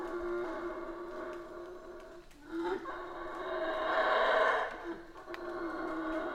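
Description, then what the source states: Colombian red howler monkey roar rising to a loud rasping peak, then easing, with sharp clicks scattered through. Recorded in Guatemala.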